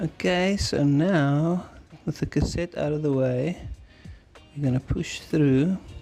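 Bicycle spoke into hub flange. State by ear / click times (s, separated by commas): not seated / none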